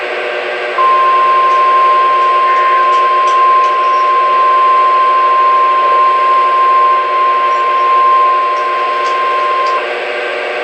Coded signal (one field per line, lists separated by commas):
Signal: Emergency Alert System (SAME) tones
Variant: 1050 Hz attention tone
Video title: NOAA Radio (EAS # 543-555) Alerts From 12/31/18